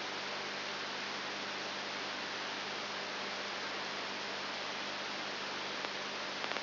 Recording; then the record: brain microelectrode recording played as sound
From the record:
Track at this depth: outside the subthalamic nucleus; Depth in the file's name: 6.7 mm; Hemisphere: left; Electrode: 3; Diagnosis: Parkinson's disease